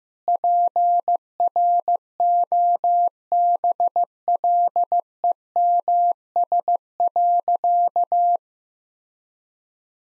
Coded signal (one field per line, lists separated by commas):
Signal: Morse code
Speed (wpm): 15 wpm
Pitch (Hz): 700 Hz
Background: none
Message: PROBLEMS.